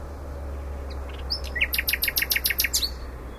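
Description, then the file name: Common nightingale song: a few soft notes, then a rapid string of loud, crisp repeated strokes ending in a twist, over a steady low hum. "Luscinia megarhynchos"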